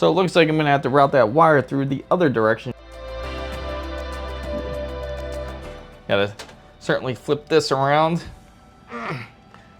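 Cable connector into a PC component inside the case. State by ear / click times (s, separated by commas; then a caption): seated / 9.5 s. During a PC build, a wire is rerouted the other way and a cable connector is flipped around and pushed home into a PC component inside the case. Someone talks, music plays in the middle, and then a single sharp click is heard at 9.5 s as the connector seats.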